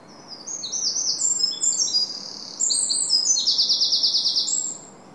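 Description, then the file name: Eurasian wren song: a loud, rapid four-second burst of high, sharp notes and twittering phrases that ends in a fast, even rattling trill. "Troglodytes troglodytes"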